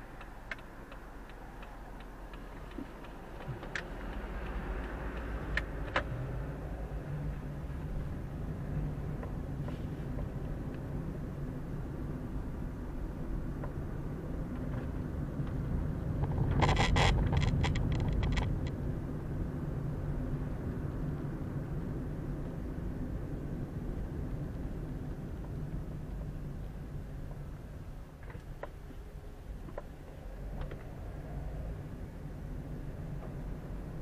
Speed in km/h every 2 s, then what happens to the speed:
0, 0, 6, 14, 20, 25, 27, 29, 28, 29, 29, 27, 22, 14, 8, 12, 17.
0-3 standing. 3-13 pulls away to 29. 13-23 steady at about 29. 23-27 brakes to 8. 29-34 speeds up to 17.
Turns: none.